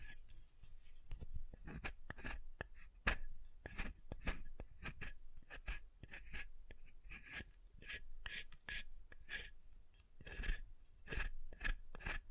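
Tapping and carving on soap, with quick, irregular taps and scrapes coming several times a second for the whole twelve seconds. Each hit is short and crisp, with a dry, scratchy edge, and brief brighter scraping strokes are mixed in among the taps.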